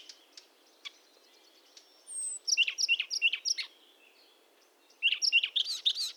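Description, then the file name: Eurasian blackcap, bursts of quick, high chattering and warbled notes. A first run of notes fades into near silence, then a second, denser burst comes at the end. "Sylvia atricapilla"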